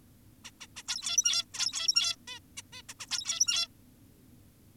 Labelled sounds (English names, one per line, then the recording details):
Zebra Finch
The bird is an adult
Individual g17y2U